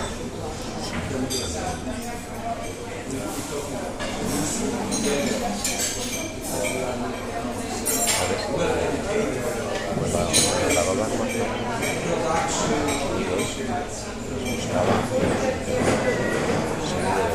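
Breakfast at a hotel in Palma de Mallorca: a steady, dense murmur of many overlapping voices fills the whole stretch without pause. Bright clinks of cutlery and dishes break through every second or two, with a sharper clatter near the eighth second.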